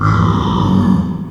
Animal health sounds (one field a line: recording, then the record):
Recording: squeal of a Yucatan mini pig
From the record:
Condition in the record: after surgery on the right vocal fold (resection and tissue-engineered implant)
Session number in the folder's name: 15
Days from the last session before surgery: 175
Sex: female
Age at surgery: 19 weeks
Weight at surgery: 25 kg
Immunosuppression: prednisolone